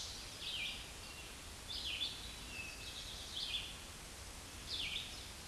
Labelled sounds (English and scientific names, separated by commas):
Red-eyed Vireo (Vireo olivaceus) song